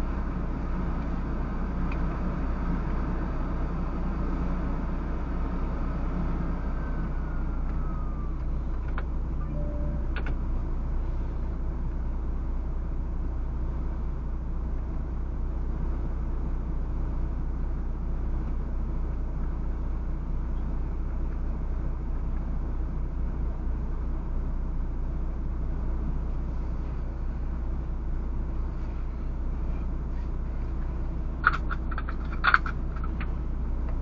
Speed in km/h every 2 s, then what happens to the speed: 0, 0, 0, 0, 0, 0, 0, 0, 0, 0, 0, 0, 0, 0, 0, 0, 0.
0-34 standing.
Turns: none.